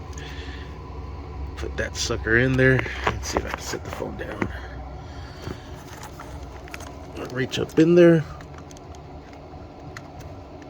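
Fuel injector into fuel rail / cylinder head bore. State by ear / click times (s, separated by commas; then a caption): seated / 10.0 s. A lubricated fuel injector is pushed by hand into its bore in the fuel rail and cylinder head of a 2018 Honda Civic Si 1.5L Turbo while someone talks. Fumbling and scraping sounds come from reaching up into the engine bay, followed by a sharp click at 9.97 s. The injector slips into place and is seated.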